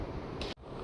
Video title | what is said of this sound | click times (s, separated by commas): FZ-S v4⚡Hybrid🔋#தமிழ் #review #overview #tamil #fz #v4 #yamaha | என்ன lock ஆக மாட்டேங்குது கொய்யால | none